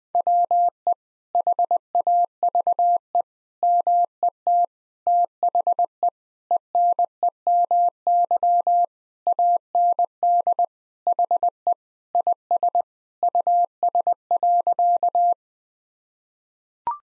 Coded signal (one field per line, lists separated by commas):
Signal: Morse code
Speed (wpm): 21 wpm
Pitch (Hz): 700 Hz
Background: none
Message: WE HAVE MET THE ENEMY AND HE IS US.